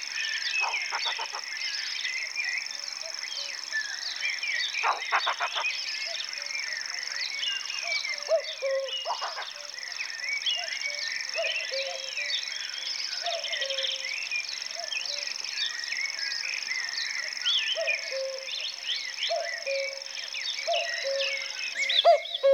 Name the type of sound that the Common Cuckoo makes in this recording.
song